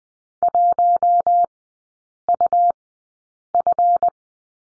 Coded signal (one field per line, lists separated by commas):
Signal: Morse code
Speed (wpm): 19 wpm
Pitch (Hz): 700 Hz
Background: none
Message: 1UF